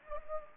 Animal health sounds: mosquito wingbeat signal from an infrared sensor; Anopheles gambiae

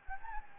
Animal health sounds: mosquito wingbeat signal from an infrared sensor; Anopheles gambiae

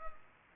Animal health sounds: mosquito wingbeat signal from an infrared sensor; Culex pipiens

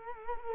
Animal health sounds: mosquito wingbeat signal from an infrared sensor; Culex quinquefasciatus

